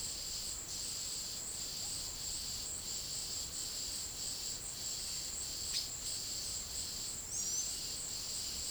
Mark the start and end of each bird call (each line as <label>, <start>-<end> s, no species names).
bird call, 7.22-7.74 s